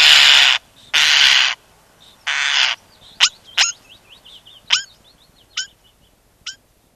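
European starling giving three harsh, hissing screeches, then a run of sharp clicks and brief thin whistles fading out toward the end.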